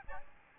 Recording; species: mosquito wingbeat signal from an infrared sensor; Aedes albopictus